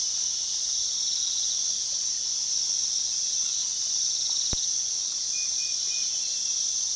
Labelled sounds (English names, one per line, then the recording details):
none
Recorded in pastures near Puerto Asís, Putumayo, Colombia, on 19 February 2024 at 03:30
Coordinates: 0.468, -76.328
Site G6414